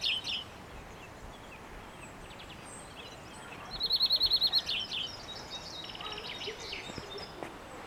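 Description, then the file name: European greenfinch, a rapid metallic trill of even notes lasting about a second midway, with scattered chirps and twitters around it. "Chloris chloris"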